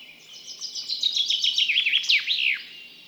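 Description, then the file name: Common chaffinch song, one phrase of rapid repeated notes that descend in pitch and close with a short, emphatic flourish. "Fringilla coelebs"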